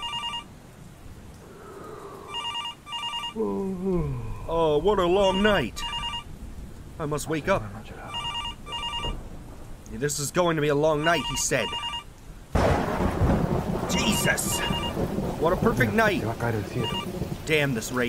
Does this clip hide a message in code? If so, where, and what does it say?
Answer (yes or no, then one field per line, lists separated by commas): no